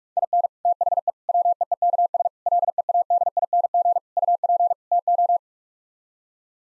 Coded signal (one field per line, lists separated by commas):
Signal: Morse code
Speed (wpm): 47 wpm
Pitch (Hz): 700 Hz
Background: none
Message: IN THE WEEKS LEADING UP TO